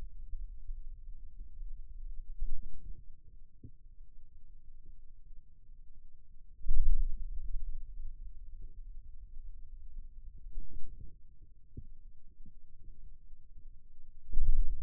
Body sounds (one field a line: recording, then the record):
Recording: forearm muscle sounds (acoustic myography)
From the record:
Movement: radial deviation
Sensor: system 2, bracelet of six BSWA MPA416 microphones around the upper forearm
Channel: 1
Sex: male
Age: 22 years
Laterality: right